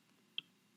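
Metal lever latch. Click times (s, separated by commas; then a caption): 0.4 s. A heat press lever handle is lifted slowly against the spring tension until it releases from its locked position on the press frame and pops open. A single sharp, bright click sounds at 0.4 s over a quiet background, and the press is released.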